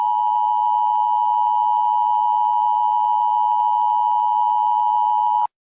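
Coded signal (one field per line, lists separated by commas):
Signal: Emergency Alert System (SAME) tones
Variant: 853 and 960 Hz attention tone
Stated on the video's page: Fictional EAS alarm for a Jurassic World scenario.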